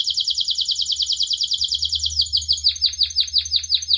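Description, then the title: Canary singing a rapid rolling trill that breaks into a run of sharp, descending notes, with a faint low hum beneath. Canary singing persistently with a rich, varied song. "Kenari Gacor Cengkok Terbaik Isian Paling Mewah"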